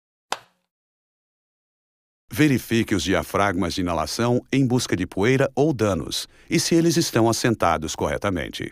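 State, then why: Seated. A plastic filter retainer, holding a filter, is pushed onto the cartridge of a reusable full-face respirator (9000 series) and snaps into place with a single sharp click at 0.3 s, seating it. After about two seconds of silence, someone talks for the rest of the clip.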